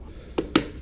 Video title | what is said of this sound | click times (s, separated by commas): O2 MASK PACKING | shouldn't be looking like that they got to be fully closed and you'll feel them click click | 0.4 s, 0.6 s